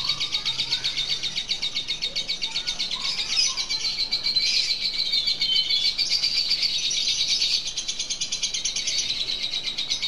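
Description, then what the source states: Lovebird chattering: a fast, unbroken stream of high, scratchy notes running steadily through the whole stretch. Lutino lovebird giving the ngekek chattering call, recorded for use in training birds.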